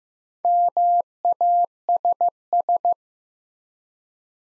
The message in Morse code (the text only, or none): MASS